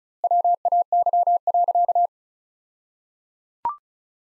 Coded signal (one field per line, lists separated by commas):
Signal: Morse code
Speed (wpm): 35 wpm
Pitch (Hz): 700 Hz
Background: none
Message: WAY.